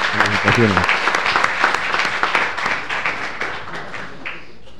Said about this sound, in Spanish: Un aplauso para el nuevo presidente del Consejo.